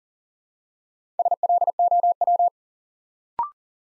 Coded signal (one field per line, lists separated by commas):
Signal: Morse code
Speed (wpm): 39 wpm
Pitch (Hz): 700 Hz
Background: none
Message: SLOW